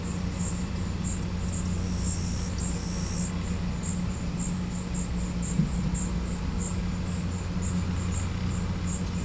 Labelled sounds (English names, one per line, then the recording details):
none
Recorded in pastures near Puerto Asís, Putumayo, Colombia, on 20 December 2024 at 14:30
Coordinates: 0.505, -76.324
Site G063